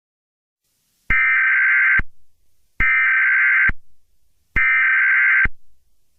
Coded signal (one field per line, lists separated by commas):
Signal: Emergency Alert System (SAME) tones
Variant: header bursts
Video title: EAS Scenario #5: The Rampage